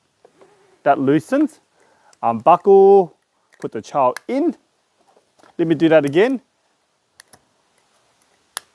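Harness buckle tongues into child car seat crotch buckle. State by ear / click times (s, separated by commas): seated / 7.2 s, 8.6 s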